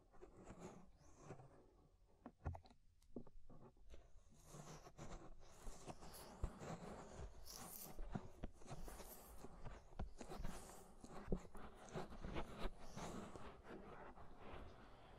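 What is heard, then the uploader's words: Close scraping and rubbing of the inner and outer ear, a dense, crackly texture of rough friction with sharp clicks and pops. A quieter patch near three seconds gives way to busier, louder scratching from about four seconds on, continuing unevenly to the end. Inner and Outer Ear Scraping (No Talking).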